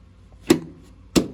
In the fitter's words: there you go two clicks